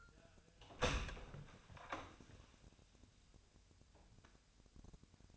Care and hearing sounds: daily activity, microphone in the room; open door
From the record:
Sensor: 2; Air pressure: 1007.0 hPa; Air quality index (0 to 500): 194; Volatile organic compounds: 12 ppm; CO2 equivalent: 2370 ppm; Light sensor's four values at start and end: 9/23/9/10 and 10/23/10/10

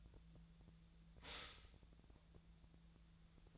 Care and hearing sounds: daily activity, microphone in the room; stop toaster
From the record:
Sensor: 3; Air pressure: 1009.3 hPa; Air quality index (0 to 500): 198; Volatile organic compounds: 17 ppm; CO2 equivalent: 2563 ppm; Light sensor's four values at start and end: 32/81/34/36 and 32/81/34/36

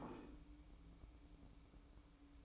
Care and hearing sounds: daily activity, microphone in the room; place plate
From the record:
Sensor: 1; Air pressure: 1007.5 hPa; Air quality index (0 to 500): 78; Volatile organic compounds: 1 ppm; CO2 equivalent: 674 ppm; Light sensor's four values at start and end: 9/23/9/10 and 9/23/9/10

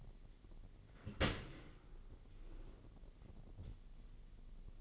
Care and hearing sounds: daily activity, microphone in the room; open dishwasher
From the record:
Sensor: 4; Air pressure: 999.0 hPa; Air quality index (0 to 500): 123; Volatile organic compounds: 2 ppm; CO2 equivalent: 1210 ppm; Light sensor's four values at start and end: 7/17/6/7 and 7/17/6/7

